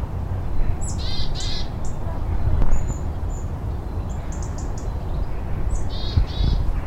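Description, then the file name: Willow tit nasal buzzy calls in short pairs at the start and end, with thin high notes between, over low rumbling noise. Recorded at Marden Quarry on 28 September 2018. "Willow Tit Marden Quarry 280918"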